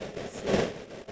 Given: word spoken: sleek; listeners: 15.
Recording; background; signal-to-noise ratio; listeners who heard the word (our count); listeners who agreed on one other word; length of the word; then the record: one English word in noise, from a listening test; noise modulated by three-talker babble; -7.4 dB; 0 of 15; 10 of 15; 0.72 s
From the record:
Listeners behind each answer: 10, 2, 1, 1, 1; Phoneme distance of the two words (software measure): 10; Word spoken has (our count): 1 syllable, 4 phonemes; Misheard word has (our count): 1 syllable, 4 phonemes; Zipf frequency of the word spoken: 3.29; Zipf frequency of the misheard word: 4.94